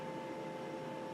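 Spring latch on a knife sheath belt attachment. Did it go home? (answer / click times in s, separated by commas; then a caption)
no / none. A spring latch on a knife sheath's belt attachment is handled while it is being re-latched by pulling down on the springs. Only a steady, even hum is heard, with two constant tones around 550 Hz and 850 Hz and no sharp hits. Nothing has seated or clicked yet; the latch has not locked by the end.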